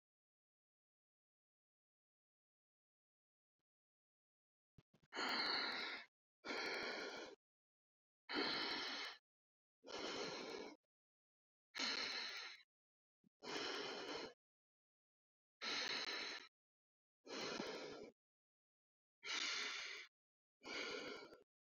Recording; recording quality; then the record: shallow breathing; excellent, no background noise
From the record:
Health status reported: healthy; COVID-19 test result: not tested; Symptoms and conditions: none ticked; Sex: female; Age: 55 years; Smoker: not ticked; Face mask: not worn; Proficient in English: no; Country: France